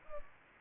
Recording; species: mosquito wingbeat signal from an infrared sensor; Culex pipiens